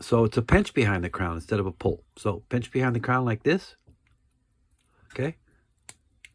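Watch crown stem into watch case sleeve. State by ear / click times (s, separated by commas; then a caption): seated / 5.9 s. Someone talks while handling a 1905 Elgin WWI-era vintage pocket-style trench watch with a Philadelphia thick-wire-lug case. The crown and stem are pushed back into the case sleeve to the winding position, and a sharp click at 5.9 s marks the crown seating home, followed by another click at 6.3 s.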